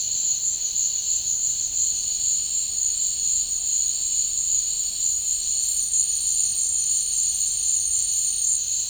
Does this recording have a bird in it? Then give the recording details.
no. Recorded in dense forest near Puerto Asís, Putumayo, Colombia, on 13 March 2025 at 16:00. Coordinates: 0.485, -76.318. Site G056